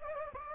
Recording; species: mosquito wingbeat signal from an infrared sensor; Anopheles gambiae